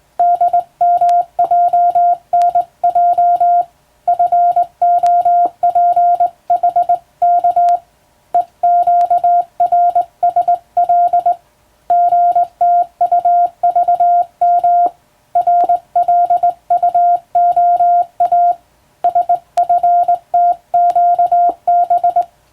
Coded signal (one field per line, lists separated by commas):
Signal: Morse code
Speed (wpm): 20 wpm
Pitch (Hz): 700 Hz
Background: music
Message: DMJNJ FOPHK EQRSL GTUVM RLUOA SFTQB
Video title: 電鍵を使ってモールス符号を打つ無線通信士という仕事が昭和にはありました。国家試験でモールスを打つ実技試験もありましたよ。懐かしいモールス信号を聴いてみませんか？morse code practice